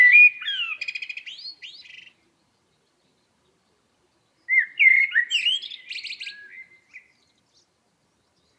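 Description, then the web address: Blackbird song: two fluty, warbled phrases, each breaking into thin, high twittering, with a silent pause between them. "Environmental chamber testing blackbird"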